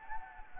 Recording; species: mosquito wingbeat signal from an infrared sensor; Anopheles gambiae